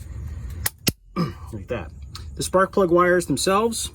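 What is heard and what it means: A metal retaining clip is pushed back over a distributor cap on its second side, and two sharp metallic snaps ring out at 0.7 s and 0.9 s as it seats. Someone talks afterward.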